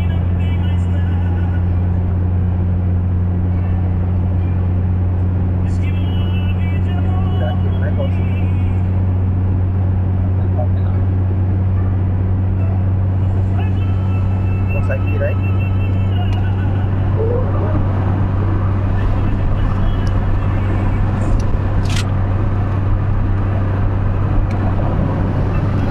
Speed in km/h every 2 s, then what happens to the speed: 102, 103, 105, 105, 106, 108, 109, 110, 110, 111, 111, 111, 111.
0-26 steady at about 109.